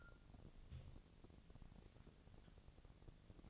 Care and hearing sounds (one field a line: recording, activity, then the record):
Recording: daily activity, microphone in the room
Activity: take from stove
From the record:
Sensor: 4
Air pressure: 1000.8 hPa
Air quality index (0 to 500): 124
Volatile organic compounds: 1 ppm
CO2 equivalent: 932 ppm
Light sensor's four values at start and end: 44/108/46/51 and 44/108/46/51